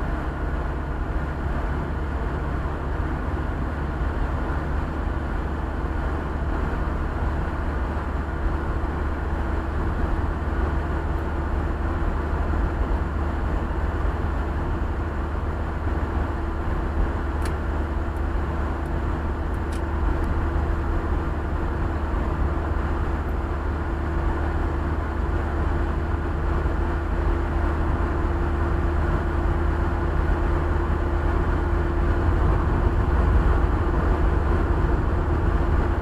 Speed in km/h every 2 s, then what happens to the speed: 66, 68, 69, 69, 70, 70, 71, 70, 70, 70, 71, 71, 72, 72, 73, 73, 74, 73.
0-36 steady at about 70.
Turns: none.